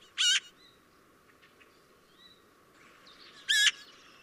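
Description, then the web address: Eurasian magpie giving two grating chack notes roughly three seconds apart, with faint thin whistles from other birds in between. "chant xeno-canto pie bavarde"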